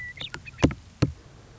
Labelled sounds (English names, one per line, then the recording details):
Western Meadowlark
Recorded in Sonoma County, California